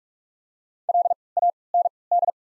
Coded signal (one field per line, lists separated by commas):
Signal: Morse code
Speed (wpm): 47 wpm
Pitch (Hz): 700 Hz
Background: none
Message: L A N D